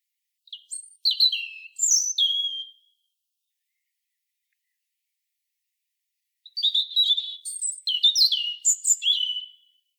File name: Erithacus rubecula